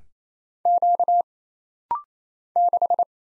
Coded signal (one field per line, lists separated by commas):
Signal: Morse code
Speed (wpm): 27 wpm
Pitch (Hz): 700 Hz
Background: none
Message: Q 6